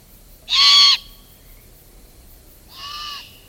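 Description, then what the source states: Great horned owl young begging with raspy, hissing screeches, a loud half-second burst followed by a softer one about two seconds later, with quiet between. Young owls begging their parents for food in spring.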